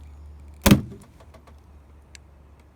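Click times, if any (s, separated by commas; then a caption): 0.7 s. An Arrow one-handed pop rivet tool is squeezed to set a blind rivet holding the deck edge trim on a small 1980 AMF Sunfish sailboat, pulling the mandrel until it snaps and expands the rivet barrel inside the hole. A sharp pop sounds at 0.7 s, followed by a few faint ticks and a brief high click near 2.1 s over a low background hum. The rivet is set.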